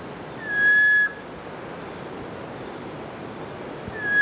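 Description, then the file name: Lesser ground cuckoo calling with a clear, steady, level whistle lasting about half a second, then the start of another, over a soft hiss. "lsrgcucu"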